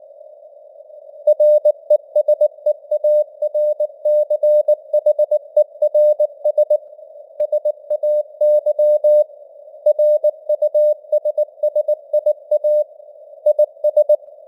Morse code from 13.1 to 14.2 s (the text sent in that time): IS